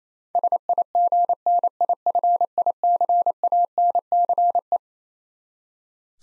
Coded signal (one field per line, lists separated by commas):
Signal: Morse code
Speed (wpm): 27 wpm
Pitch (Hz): 700 Hz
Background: none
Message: SIGNIFICANCE